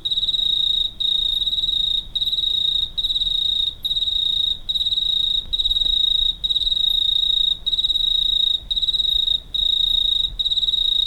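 Cricket song, a high pulsing trill in steady bursts around a second long with brief gaps, repeated evenly.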